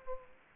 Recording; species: mosquito wingbeat signal from an infrared sensor; Aedes aegypti